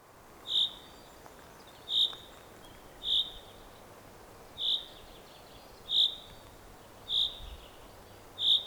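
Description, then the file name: Common chaffinch calls, short bright notes repeated about every one to one and a half seconds, seven in all, over a steady hiss. "Fringilla coelebs"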